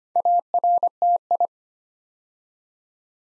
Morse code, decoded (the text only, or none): ARTI